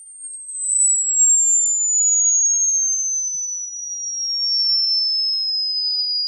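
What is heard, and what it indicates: Simulated tinnitus: a pure high-pitched tone that glides slowly downward from about 8 kHz to about 5 kHz, steady and continuous, as heard in the ears all day; tinnitus may also be ringing, popping, crackling or squeaking.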